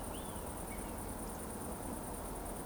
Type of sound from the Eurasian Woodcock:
whistle